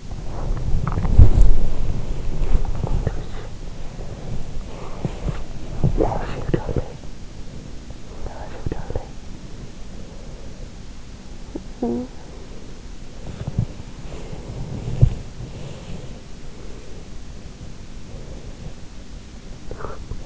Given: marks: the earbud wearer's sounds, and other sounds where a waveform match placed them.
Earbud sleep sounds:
sounds in sleep by an in-ear microphone; body movement, teeth grinding, breath
0.00-20.11 s: body movement
5.66-6.98 s: teeth grinding
15.47-17.05 s: breath
19.63-20.26 s: breath

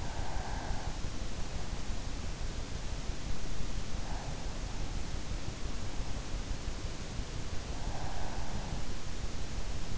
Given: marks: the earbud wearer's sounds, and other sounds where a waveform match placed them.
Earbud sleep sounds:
sounds in sleep by an in-ear microphone; breath
0.00-1.19 s: breath
7.54-8.91 s: breath

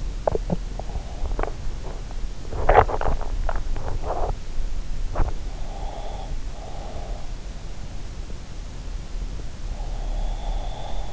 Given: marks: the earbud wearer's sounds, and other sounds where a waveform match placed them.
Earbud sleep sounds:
sounds in sleep by an in-ear microphone; swallowing, breath
0.00-4.50 s: swallowing
5.49-7.32 s: breath
9.57-11.13 s: breath

